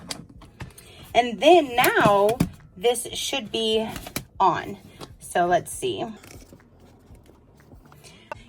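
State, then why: Seated. A small plastic battery cover is pressed back onto the battery compartment of a small light-up decor item after the plastic insulating tab has been removed so the battery can make contact. A sharp snap at 0.1 s marks the cover seating, followed by a few light taps and then someone talks. Small clicks and handling noises follow, with a louder click near the end.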